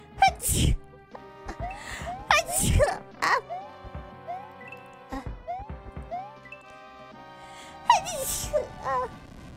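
Several sharp, breathy sneeze bursts with voiced squeaks, over steady background music; an ordinary sneeze.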